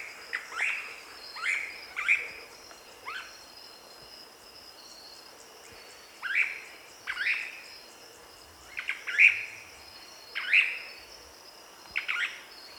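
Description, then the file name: Cryptic treehunter calling: short, sharp downslurred notes, singly or in pairs at irregular intervals, with a steady high-pitched insect drone behind. "suara panggilan burung cryptic treehunter omkicau"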